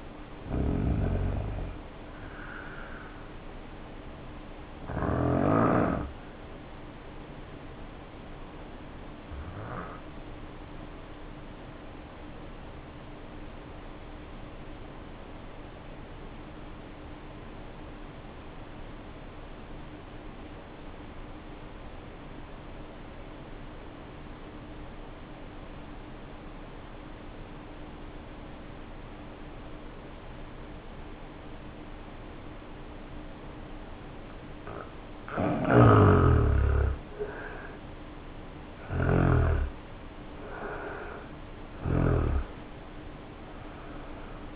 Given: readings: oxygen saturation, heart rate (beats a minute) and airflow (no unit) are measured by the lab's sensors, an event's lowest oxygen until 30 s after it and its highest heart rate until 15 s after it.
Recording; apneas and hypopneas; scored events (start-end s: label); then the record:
breathing in sleep by a voice recorder at the bedside; 1
12.00-40.30 s: obstructive apnea (N2, oxygen 95% highest, then 78% lowest, heart rate 51 at the start, 72 highest)
From the record:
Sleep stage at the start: N2 (light sleep); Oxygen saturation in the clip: 77 to 95%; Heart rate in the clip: 51 to 72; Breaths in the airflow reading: 4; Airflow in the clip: -5.1 to 5.3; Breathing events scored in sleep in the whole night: 520 in 7.2 hours asleep